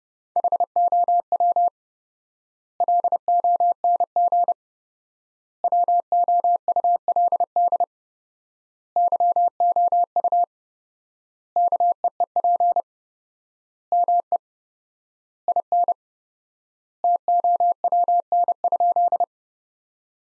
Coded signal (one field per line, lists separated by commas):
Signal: Morse code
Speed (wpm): 30 wpm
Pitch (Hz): 700 Hz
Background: none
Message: HOW LONG WOULD YOU KEEP ME IN TOWN?